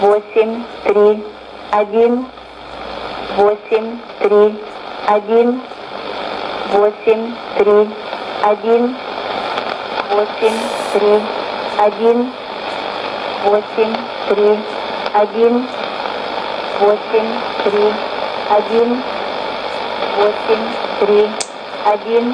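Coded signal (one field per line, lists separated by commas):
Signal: numbers station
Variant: S06s, Russian female voice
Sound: a female voice reading short Russian numbers at an even pace, over radio hiss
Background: radio static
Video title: 06 06 2016 Number station S06s Russian Lady to Eu 1211 on 12165 unknown tx site CUSB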